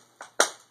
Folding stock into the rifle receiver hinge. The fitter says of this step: lift it up off this and wait for the click.